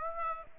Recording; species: mosquito wingbeat signal from an infrared sensor; Aedes aegypti